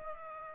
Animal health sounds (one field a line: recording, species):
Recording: mosquito wingbeat signal from an infrared sensor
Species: Aedes aegypti